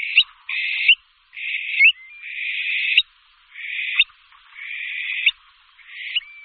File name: Dytík-úhorní